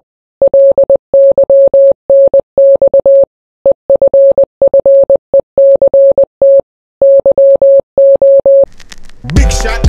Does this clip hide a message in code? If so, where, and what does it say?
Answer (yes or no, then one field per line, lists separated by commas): yes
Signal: Morse code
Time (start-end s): 0.4-8.6 s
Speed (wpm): 20 wpm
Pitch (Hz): 550 Hz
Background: speech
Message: LYNX EFFECT YO